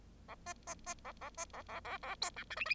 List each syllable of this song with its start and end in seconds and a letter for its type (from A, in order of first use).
0.28-0.35 A, 0.46-0.53 B, 0.67-0.74 B, 0.86-0.94 B, 1.05-1.12 A, 1.21-1.29 A, 1.37-1.45 B, 1.53-1.62 A, 1.68-1.80 A, 1.85-1.98 A, 2.03-2.15 A, 2.21-2.30 C, 2.36-2.44 D, 2.50-2.56 E, 2.56-2.65 F, 2.65-2.75 F